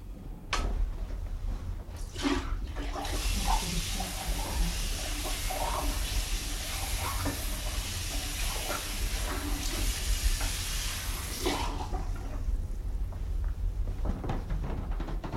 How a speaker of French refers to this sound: Je vais mettre maintenant de l'eau propre encore.